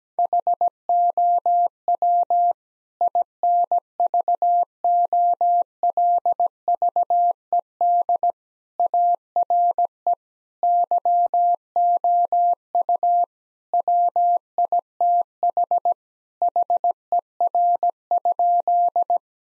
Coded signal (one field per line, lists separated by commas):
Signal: Morse code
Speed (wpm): 17 wpm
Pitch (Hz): 700 Hz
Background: none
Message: HOW INVOLVED ARE YOU WITH HER?